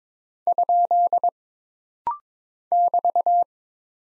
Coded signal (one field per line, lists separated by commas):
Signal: Morse code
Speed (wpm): 23 wpm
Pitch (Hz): 700 Hz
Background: none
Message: ? <BT>